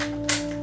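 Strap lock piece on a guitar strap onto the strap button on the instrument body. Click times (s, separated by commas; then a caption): 0.3 s. A guitar strap fitted with a metal strap-lock piece is pushed onto the strap button on a bass body until it locks, with a bright click at 0.3 s over a steady low tonal hum. A second short burst follows near 0.7 s, and the strap lock is snapped into place.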